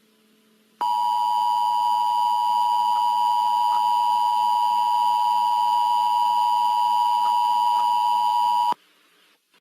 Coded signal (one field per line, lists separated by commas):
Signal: Emergency Alert System (SAME) tones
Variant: 853 and 960 Hz attention tone